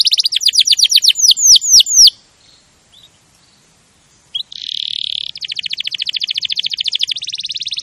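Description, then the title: Canary song: rapid falling whistled notes, a pause, then a buzzy sustained note and long runs of fast repeated chirps. Champion canary song, used as a master recording for training other birds to sing. "Masteran Kenari Juara"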